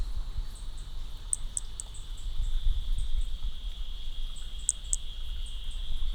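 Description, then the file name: Hermogenes' flea-toad emitting short high notes in two small bursts, against a continuous insect drone and low rumble. Individual 3, recorded at Picinguaba on 13 December 2017; six notes noted as lost. "B hermogenesi Picinguaba ind 3 6 notas perdidas 13 dez 2017 MRB"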